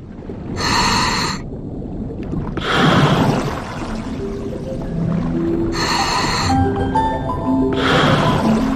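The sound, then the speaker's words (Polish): Muffled underwater ambience in turquoise water off an Indonesian island near Bali: a steady low rumble broken by four bursts of rushing, hissing bubbles from a British scuba diver's exhales as he films, with faint tonal whistles and squeaks drifting in between. “Zapraszam Państwa pod wodę.”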